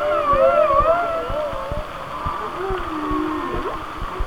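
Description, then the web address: Whale song: wavering high whistles at the start, fading into a low bending moan and a final upward sweep, with clicks. "Whale Songs Whale Songs"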